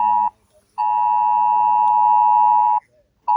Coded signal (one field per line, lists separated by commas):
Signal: Emergency Alert System (SAME) tones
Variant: 853 and 960 Hz attention tone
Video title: Wednesday November 12 Emergency Alert System 9:30 PM